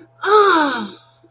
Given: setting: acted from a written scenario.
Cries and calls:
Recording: vocal sound without words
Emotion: pain

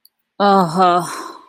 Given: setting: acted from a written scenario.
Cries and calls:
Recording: vocal sound without words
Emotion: shame

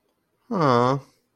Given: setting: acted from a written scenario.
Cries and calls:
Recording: vocal sound without words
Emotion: neutral

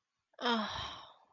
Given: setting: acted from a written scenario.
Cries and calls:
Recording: vocal sound without words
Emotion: guilt

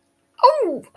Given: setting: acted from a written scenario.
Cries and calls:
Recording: vocal sound without words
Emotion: pain

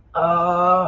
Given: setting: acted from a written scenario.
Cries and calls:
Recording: vocal sound without words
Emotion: pain

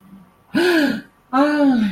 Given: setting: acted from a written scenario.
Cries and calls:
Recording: vocal sound without words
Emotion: negative surprise

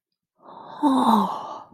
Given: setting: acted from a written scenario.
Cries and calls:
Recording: vocal sound without words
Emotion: awe

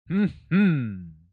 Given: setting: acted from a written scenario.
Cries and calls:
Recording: vocal sound without words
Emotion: triumph

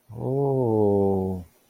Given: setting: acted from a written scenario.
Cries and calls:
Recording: vocal sound without words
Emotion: awe

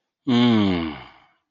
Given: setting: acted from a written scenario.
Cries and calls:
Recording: vocal sound without words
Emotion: contentment

